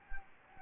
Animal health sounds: mosquito wingbeat signal from an infrared sensor; Anopheles gambiae

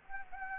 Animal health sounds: mosquito wingbeat signal from an infrared sensor; Anopheles gambiae

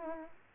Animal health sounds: mosquito wingbeat signal from an infrared sensor; Aedes aegypti

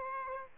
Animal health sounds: mosquito wingbeat signal from an infrared sensor; Aedes aegypti

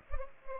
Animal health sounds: mosquito wingbeat signal from an infrared sensor; Culex pipiens

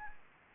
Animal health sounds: mosquito wingbeat signal from an infrared sensor; Anopheles gambiae

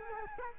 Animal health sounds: mosquito wingbeat signal from an infrared sensor; Culex quinquefasciatus

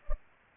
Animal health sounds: mosquito wingbeat signal from an infrared sensor; Culex pipiens

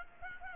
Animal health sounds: mosquito wingbeat signal from an infrared sensor; Culex pipiens

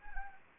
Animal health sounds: mosquito wingbeat signal from an infrared sensor; Anopheles arabiensis

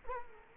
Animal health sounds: mosquito wingbeat signal from an infrared sensor; Culex quinquefasciatus

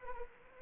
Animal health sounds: mosquito wingbeat signal from an infrared sensor; Anopheles arabiensis

